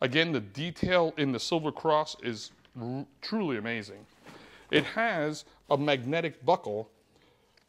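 A man talks about the magnetic harness buckle on the seat of a Silver Cross Comet stroller while the buckle halves are handled and brought toward each other. The buckle has not yet snapped shut or clicked into place.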